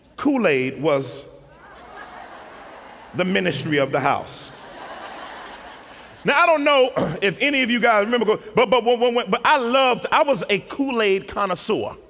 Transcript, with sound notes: Kool-Aid was the ministry of the house. [laughter] Now I don't know if any of guys remember, but I was a Kool-Aid connoisseur,